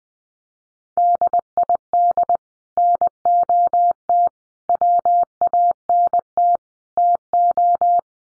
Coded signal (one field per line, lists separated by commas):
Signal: Morse code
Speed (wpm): 20 wpm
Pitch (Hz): 700 Hz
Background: none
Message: DID NOT WANT TO